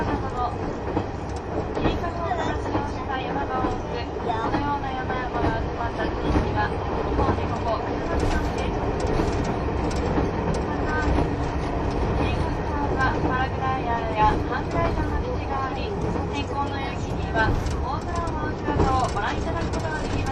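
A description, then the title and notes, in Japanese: Inside the Yufuin no Mori KiHa 71 train, a steady low rumble of running carries on while voices chatter throughout, with occasional clicks and knocks. キハ71系 ゆふいんの森03号02 日田～由布院。走行音(音の旅)。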